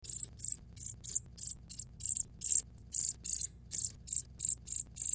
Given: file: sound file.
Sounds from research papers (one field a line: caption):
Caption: The food begging calls of a male sparrow LBY at PHD25 before RA lesion